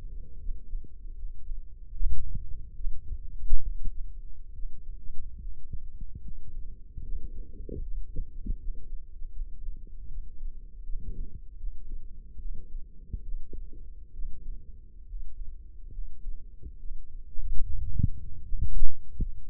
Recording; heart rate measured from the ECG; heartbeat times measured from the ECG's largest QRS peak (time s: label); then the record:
heart sounds by microphone in the left ear; 73 bpm
0.38 s: heartbeat
1.15 s: heartbeat
1.93 s: heartbeat
2.74 s: heartbeat
3.62 s: heartbeat
4.53 s: heartbeat
5.38 s: heartbeat
6.21 s: heartbeat
7.02 s: heartbeat
7.81 s: heartbeat
8.58 s: heartbeat
9.32 s: heartbeat
10.08 s: heartbeat
10.83 s: heartbeat
11.56 s: heartbeat
12.38 s: heartbeat
13.22 s: heartbeat
14.12 s: heartbeat
15.05 s: heartbeat
15.91 s: heartbeat
16.78 s: heartbeat
17.61 s: heartbeat
18.42 s: heartbeat
19.18 s: heartbeat
From the record:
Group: healthy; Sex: male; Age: 35 years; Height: 178 cm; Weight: 64 kg